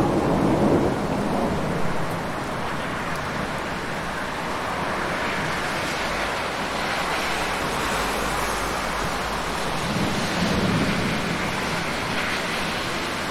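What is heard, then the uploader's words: Heavy rain pours steadily, a dense, even hiss filling the whole clip with little change in level. Low rumbling swells underneath, strongest near the start and again around ten to eleven seconds, likely passing street traffic. Heavy Rain and Street Traffic. Urban windows. Night traffic,rain,wet road,car,bus,toronto,city sounds,night.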